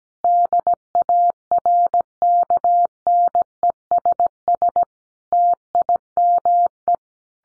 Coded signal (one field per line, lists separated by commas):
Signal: Morse code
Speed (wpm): 17 wpm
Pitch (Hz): 700 Hz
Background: none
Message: DARKNESS TIME